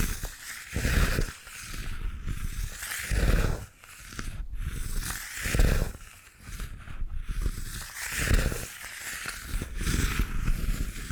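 Bamboo is scraped and brushed in a steady run of rough, hissy strokes, each lasting about a second with short gaps between. Some strokes carry a deeper, hollow thump, notably near 0.7, 3.3, 5.7 and 8.4 seconds, while the rest stay scratchy and bright.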